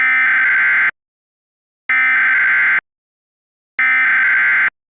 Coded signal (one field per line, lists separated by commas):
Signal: Emergency Alert System (SAME) tones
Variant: header bursts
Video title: EAS Scenario 8: Jax's Rampage